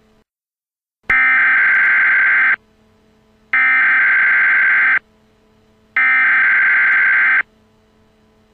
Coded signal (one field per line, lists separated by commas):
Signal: Emergency Alert System (SAME) tones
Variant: header bursts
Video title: A Nuclear Missile EAS Scenario: 400 Nukes